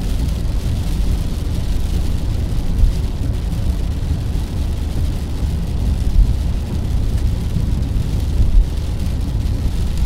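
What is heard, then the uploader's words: Rain on a car window during a highway drive, heard as a steady, dense wash of low road rumble with a soft hiss of rain above it. The sound holds even throughout, with no distinct drops or passing events standing out. Rain on a car window. Rain sounds from a long drive at the highway.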